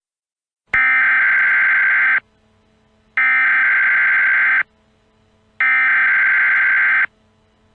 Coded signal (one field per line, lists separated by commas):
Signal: Emergency Alert System (SAME) tones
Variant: header bursts